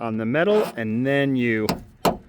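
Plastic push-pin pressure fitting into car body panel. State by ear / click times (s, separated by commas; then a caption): seated / 2.0 s. A plastic push-pin pressure fitting is pressed back into the tail light area of a 2020–2024 Nissan Versa, pushed all the way in until it touches the metal of the car body panel. Someone talks, then a sharp, brief pop is heard at 2.1 s. The push-pin trim fastener pops into place and is seated.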